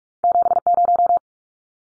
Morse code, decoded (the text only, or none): 70